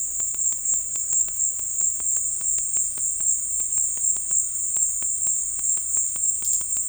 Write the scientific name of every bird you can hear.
none